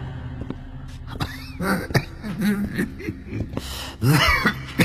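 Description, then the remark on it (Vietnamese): Old man Lý Cựu, who had asthma, coughs at night in a graveyard in a series of harsh, wheezy bursts, rough and breathy, with strained throaty rasps between the coughs and a louder hacking fit near the end. “Lý Hương dùng mình nhận ra đây là tiếng ho khủ khủ của lão Lý Cựu, người đã chết vì cơn hen”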